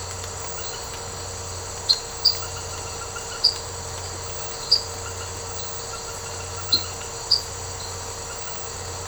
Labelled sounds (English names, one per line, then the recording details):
none
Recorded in secondary vegetation near Puerto Asís, Putumayo, Colombia, on 13 March 2025 at 23:00
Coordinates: 0.468, -76.324
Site G059